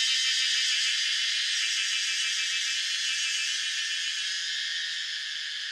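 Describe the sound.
Cicada drone, a steady high, harsh buzz that holds without a break and fades slightly toward the end.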